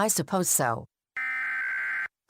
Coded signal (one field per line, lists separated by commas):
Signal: Emergency Alert System (SAME) tones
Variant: header bursts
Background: speech